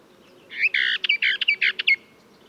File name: sylvia hortensis song